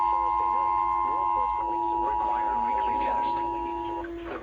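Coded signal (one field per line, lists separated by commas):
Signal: Emergency Alert System (SAME) tones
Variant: 853 and 960 Hz attention tone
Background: speech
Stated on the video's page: Alerts including required weekly tests and severe thunderstorm warnings, some received on a Reecom R-1630 receiver.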